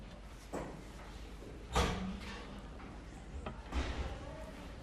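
A door is opened with a sharp clunk, followed by a second rattling knock a couple of seconds later, over a low murmur of background noise, during a religious lecture as the speaker asks for the door to be opened and left open.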